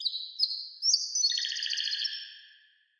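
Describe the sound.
Canary giving a high whistled phrase that shifts in pitch, then breaks into a fast, rolling trill that fades away.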